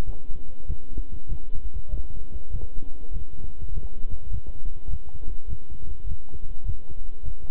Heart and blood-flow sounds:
heart sounds by stethoscope; between the tricuspid and mitral areas; 100 bpm
0.03 s: heartbeat
0.65 s: heartbeat
1.27 s: heartbeat
1.89 s: heartbeat
2.50 s: heartbeat
3.11 s: heartbeat
3.71 s: heartbeat
4.29 s: heartbeat
4.88 s: heartbeat
5.47 s: heartbeat
6.06 s: heartbeat
6.64 s: heartbeat
7.23 s: heartbeat
From the record:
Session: walking at 3.7 km/h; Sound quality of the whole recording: good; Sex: male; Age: 26 years

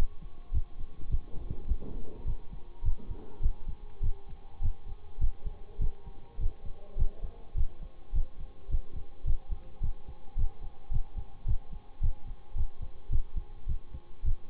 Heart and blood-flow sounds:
heart sounds by stethoscope; between the tricuspid and mitral areas; 105 bpm
0.52 s: heartbeat
1.09 s: heartbeat
1.66 s: heartbeat
2.25 s: heartbeat
2.83 s: heartbeat
3.41 s: heartbeat
4.01 s: heartbeat
4.61 s: heartbeat
5.19 s: heartbeat
5.79 s: heartbeat
6.38 s: heartbeat
6.97 s: heartbeat
7.55 s: heartbeat
8.13 s: heartbeat
8.69 s: heartbeat
9.25 s: heartbeat
9.81 s: heartbeat
10.36 s: heartbeat
10.91 s: heartbeat
11.46 s: heartbeat
12.01 s: heartbeat
12.55 s: heartbeat
13.10 s: heartbeat
13.67 s: heartbeat
14.23 s: heartbeat
From the record:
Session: bicycle stress test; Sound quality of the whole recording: good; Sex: male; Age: 26 years

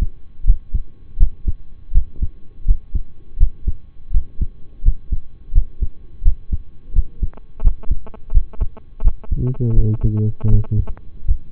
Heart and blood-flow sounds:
heart sounds by stethoscope; between the tricuspid and mitral areas; 83 bpm
0.44 s: heartbeat
1.17 s: heartbeat
1.92 s: heartbeat
2.65 s: heartbeat
3.37 s: heartbeat
4.11 s: heartbeat
4.82 s: heartbeat
5.52 s: heartbeat
6.23 s: heartbeat
6.93 s: heartbeat
7.61 s: heartbeat
8.32 s: heartbeat
9.02 s: heartbeat
9.74 s: heartbeat
10.49 s: heartbeat
11.25 s: heartbeat
From the record:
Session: rest, lying down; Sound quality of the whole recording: partially saturated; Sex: male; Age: 25 years

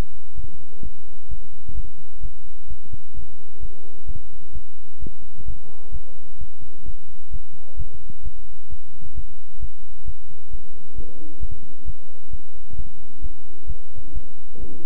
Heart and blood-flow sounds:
heart sounds by stethoscope; between the tricuspid and mitral areas; 131 bpm
0.35 s: heartbeat
0.83 s: heartbeat
1.29 s: heartbeat
1.75 s: heartbeat
2.21 s: heartbeat
2.68 s: heartbeat
3.15 s: heartbeat
3.61 s: heartbeat
4.07 s: heartbeat
4.53 s: heartbeat
5.00 s: heartbeat
5.46 s: heartbeat
5.92 s: heartbeat
6.39 s: heartbeat
6.86 s: heartbeat
7.31 s: heartbeat
7.77 s: heartbeat
8.23 s: heartbeat
8.70 s: heartbeat
9.15 s: heartbeat
9.60 s: heartbeat
10.06 s: heartbeat
10.51 s: heartbeat
10.96 s: heartbeat
11.40 s: heartbeat
11.86 s: heartbeat
12.31 s: heartbeat
12.76 s: heartbeat
13.22 s: heartbeat
13.67 s: heartbeat
14.13 s: heartbeat
14.60 s: heartbeat
From the record:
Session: bicycle stress test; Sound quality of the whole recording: good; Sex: male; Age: 23 years

